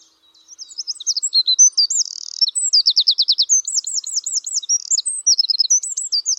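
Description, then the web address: Bird song, high and continuous: rapid looping whistled notes, buzzy trills and repeated curled phrases tumbling without pause for several seconds. "cianscape birddata Deverinetal 2025"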